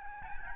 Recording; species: mosquito wingbeat signal from an infrared sensor; Aedes albopictus